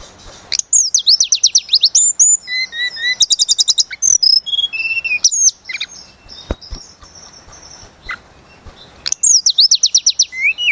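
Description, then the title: Sunda robin delivering stuttering high trills, buzzy notes and slurred whistles, a quieter stretch with scattered clicks, then another burst of rapid trilling. Lure recording meant to excite birds and make them sing out their full repertoire of learned filler phrases. "Pancingan Tledekan Gunung Agar Emosi Bongkar Isian"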